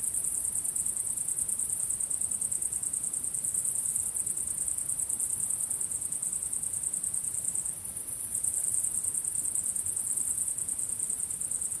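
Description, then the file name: Cricket: steady high shrill trilling of crickets, fast pulses continuing throughout, a slight dip around eight seconds, low faint rumble underneath. Recorded at sunset. "syrsor solnedgang"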